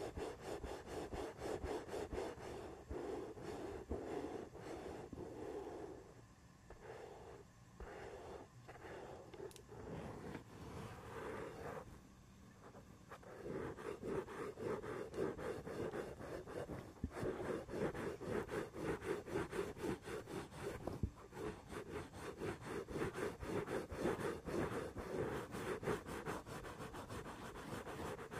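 Rapid, dense scratching strokes rasp against a microphone with a scratcher, steady throughout apart from quieter, sparser moments near six and twelve seconds.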